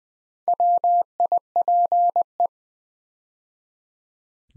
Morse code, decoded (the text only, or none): WIPE